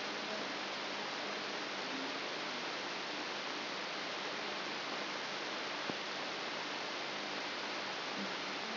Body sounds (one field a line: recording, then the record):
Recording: brain microelectrode recording played as sound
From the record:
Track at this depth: inside the subthalamic nucleus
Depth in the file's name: 5.301 mm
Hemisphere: left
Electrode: 3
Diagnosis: Parkinson's disease